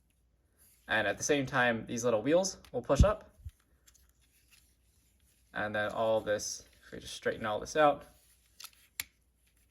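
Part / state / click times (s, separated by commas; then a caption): plastic body section locking into the transforming robot toy's body / seated / 9.0 s. While someone talks, a folded plastic body section of a Newage H53EX Michael (G1 Legends Omega Supreme) transforming robot toy is straightened out during transformation. A few faint handling ticks come between the phrases, then a sharp, loud plastic click at 9.0 s as the section locks into the toy's body and seats in place.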